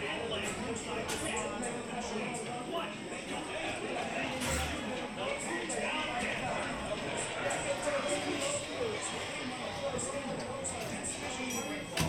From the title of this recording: Mickey's Toon Town, Disneyland Binaural Recording